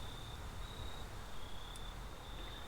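The crimped terminal on a white wire is handled and lined up with cavity one of a plastic connector housing, ready to be pushed home. Only a steady low rumble and broad background hiss are heard, with a faint constant high tone and a brief high blip near 1.8 s. The terminal has not seated or clicked yet.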